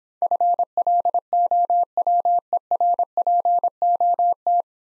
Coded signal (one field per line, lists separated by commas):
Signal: Morse code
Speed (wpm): 26 wpm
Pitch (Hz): 700 Hz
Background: none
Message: FLOWERPOT